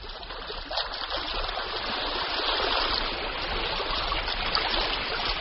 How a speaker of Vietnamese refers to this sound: Tiếng bì mịch của sóng nước vỗ vào mạn thuyền nghe mơ hồ như dư âm của bạc thuyền trăng vương vãi vào gió mặn.